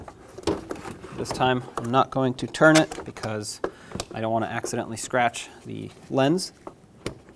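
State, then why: Seated. A wiring harness connector is pushed onto the back of a new plastic headlight assembly for a 2013-2018 Hyundai Santa Fe, with the assembly left unturned so its lens is not accidentally scratched. Someone talks through most of the clip, with a few brief knocks early on. A sharp click at 7.1 s marks the connector seating.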